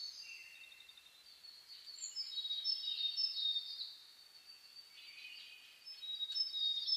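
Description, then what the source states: Dawn chorus of birds, steady overlapping whistles and twitters with a louder stretch between two and four seconds and again at the end. Dawn chorus (reimei) of birdsong (saezuri) on 10 May 2010.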